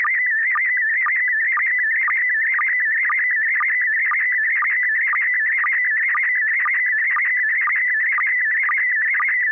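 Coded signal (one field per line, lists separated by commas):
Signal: SSTV (slow-scan television)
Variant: PD 120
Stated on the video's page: SSTV images exchanged on a weekly amateur net via an FM repeater on 441.300 MHz in Sacramento, California.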